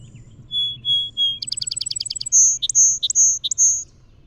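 Song Sparrow singing: three level whistles introduce a fast rattling trill, ending in several bright buzzy notes, over a soft low rumble.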